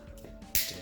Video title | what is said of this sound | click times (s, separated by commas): Transformers Review: Cyberverse Deluxe Shockwave | his chest snaps into place | 0.6 s